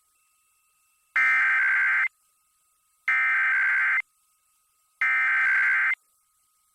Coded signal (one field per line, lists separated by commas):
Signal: Emergency Alert System (SAME) tones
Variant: header bursts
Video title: [EAS #1890-#1892] Hello There KLOVE